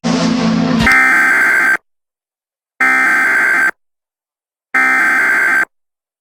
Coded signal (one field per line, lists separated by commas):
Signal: Emergency Alert System (SAME) tones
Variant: header bursts